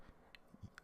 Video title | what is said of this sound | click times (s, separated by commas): NO VCDS Method To Prime Fuel Pumps Simultaneously On Volkswagen MKVI 2012 Golf TDI | the clip away from the plug and once you hear it click it's easy to remove the | 0.3 s, 0.8 s